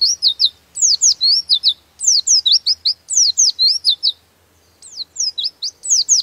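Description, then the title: Bird: bird song: rapid bursts of high, sharp downslurred chirps in quick series, with a brief pause late on, then the chirping resumes. Master recording used for training birds. "Master Burung Jos"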